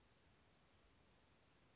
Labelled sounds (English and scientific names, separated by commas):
Western Flycatcher (Empidonax difficilis)